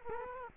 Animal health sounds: mosquito wingbeat signal from an infrared sensor; Culex quinquefasciatus

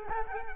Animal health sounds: mosquito wingbeat signal from an infrared sensor; Culex quinquefasciatus

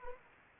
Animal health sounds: mosquito wingbeat signal from an infrared sensor; Anopheles arabiensis

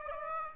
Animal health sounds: mosquito wingbeat signal from an infrared sensor; Aedes aegypti

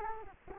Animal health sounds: mosquito wingbeat signal from an infrared sensor; Culex quinquefasciatus

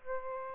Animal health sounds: mosquito wingbeat signal from an infrared sensor; Aedes aegypti

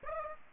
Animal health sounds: mosquito wingbeat signal from an infrared sensor; Aedes aegypti

